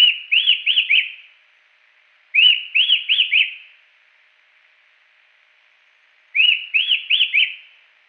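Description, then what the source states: Rufous-tailed attila song, a short run of four rising-and-falling whistled notes repeated three times at uneven intervals. Song; Salerno, 23 October 2001.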